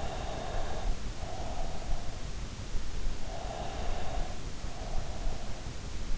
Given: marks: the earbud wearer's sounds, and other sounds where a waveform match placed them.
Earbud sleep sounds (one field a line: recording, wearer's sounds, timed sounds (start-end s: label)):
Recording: sounds in sleep by an in-ear microphone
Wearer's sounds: breath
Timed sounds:
0.00-1.71 s: breath
3.13-4.98 s: breath